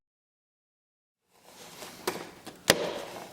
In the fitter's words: it just kind of pops out of the little holder there